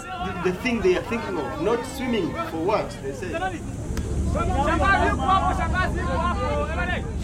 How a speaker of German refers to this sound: Das Zittern der wieder gestarteten Motoren durchläuft das Schiff.